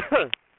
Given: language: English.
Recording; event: throat vibration sensor signal played as sound; cough